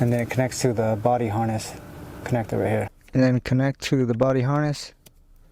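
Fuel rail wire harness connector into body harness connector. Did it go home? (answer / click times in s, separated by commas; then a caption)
no / none. On a 2017–2023 Cadillac XT5, the fuel rail wire harness connector is being handled to connect to the body harness connector while someone talks. Two faint ticks are heard near the end, but nothing has seated or clicked yet.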